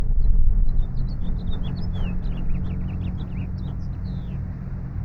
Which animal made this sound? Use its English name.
House Finch